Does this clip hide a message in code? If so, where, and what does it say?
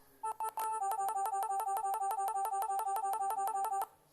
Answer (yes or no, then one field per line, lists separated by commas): no